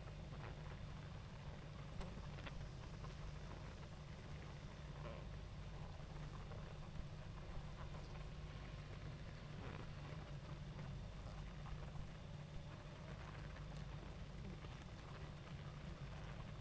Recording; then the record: honeybee colony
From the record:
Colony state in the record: active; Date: 28 July 2017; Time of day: 20:25